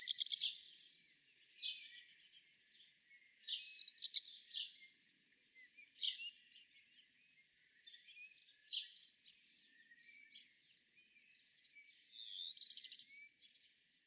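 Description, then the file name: Black redstart song: three loud, scratchy, warbled phrases at the start, about four seconds in, and near the end, with scattered short high notes between them. "kopciuszek peter boesman. zwarte roodstaart. zang"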